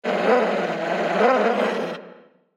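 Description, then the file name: Dog growl, a rough, noisy rumble held steadily for about two seconds before fading out, with no other sounds around it. "Laika Growl"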